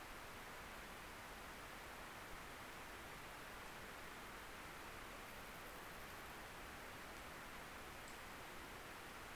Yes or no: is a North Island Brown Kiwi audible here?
no